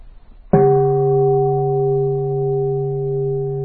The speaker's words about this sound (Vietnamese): Cho nên thức chuông có nghĩa là có khi người ta thức 2 tiếng, ta thấy cái đạo tràng nó chưa đủ yên, cho nên họ lại thức thêm 1 tiếng nữa, rồi họ mới thỉnh tiếng chuông thông thả. 3 tiếng chuông rất là thông thả.